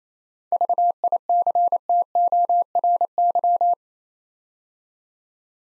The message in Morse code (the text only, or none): VICTORY